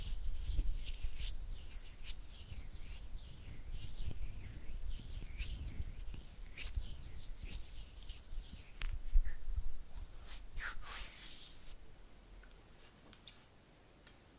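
Oily hands rub and fingers flutter in a dense, irregular stream of soft wet slips and quick bright flicks. Sharper clicks and brushing strokes land every second or so, peaking near nine seconds, and the activity thins and quiets over the last few seconds.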